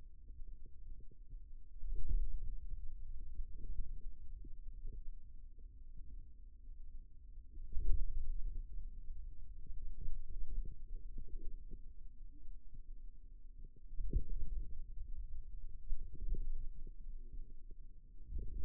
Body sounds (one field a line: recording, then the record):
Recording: forearm muscle sounds (acoustic myography)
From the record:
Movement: hand closing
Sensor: system 2, bracelet of six BSWA MPA416 microphones around the upper forearm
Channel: 2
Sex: male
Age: 22 years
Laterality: right